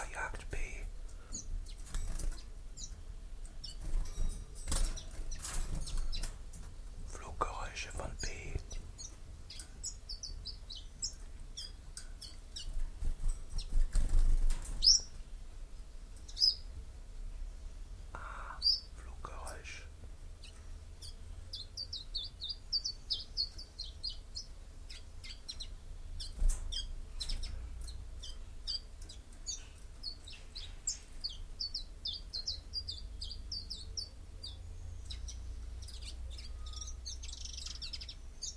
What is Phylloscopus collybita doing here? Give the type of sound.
song